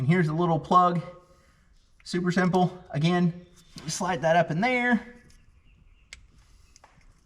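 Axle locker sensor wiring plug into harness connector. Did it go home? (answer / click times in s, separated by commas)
yes / 6.1 s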